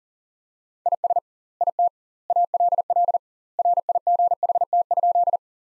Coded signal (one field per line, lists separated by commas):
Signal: Morse code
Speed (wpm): 40 wpm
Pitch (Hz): 700 Hz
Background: none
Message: IS IT ALL RIGHT?